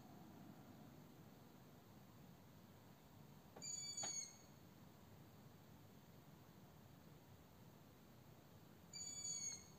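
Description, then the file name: Owl giving two short, high, level whistled calls about five seconds apart, with sharp clicks, over a constant low hiss. Owls kept by the recordist. "My owls"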